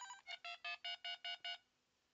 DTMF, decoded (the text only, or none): 23333